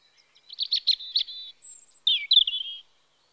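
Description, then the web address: European robin song: a high warbling phrase of quick trilled notes, a brief thin whistle, then a second phrase opening with a falling slur and ending in a sustained whistle. Recorded in spring. "BBC Sound Effects Library. Robin (Erithacus Rubecula)"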